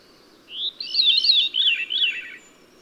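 Bird song: a clear whistled phrase that rises, then rapid warbling notes zigzagging up and down for nearly two seconds before ending.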